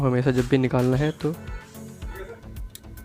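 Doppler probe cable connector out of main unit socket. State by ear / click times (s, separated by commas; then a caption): released / 2.8 s. Someone talks over music, then the cable connector of an EasyCare EC-2016 fetal Doppler probe is pressed to release its latch and pulled out of the main unit's socket. A sharp click sounds at 2.7 s among a few softer ticks. The connector is released and removed from the Doppler unit.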